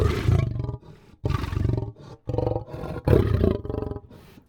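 Lion growling in deep, rumbling bursts: several loud, throaty growls with short gaps between them.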